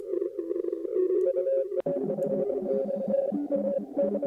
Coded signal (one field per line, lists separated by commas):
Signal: Morse code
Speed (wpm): 21 wpm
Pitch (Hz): 200 Hz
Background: music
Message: M5ENT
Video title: HH2AA CW operation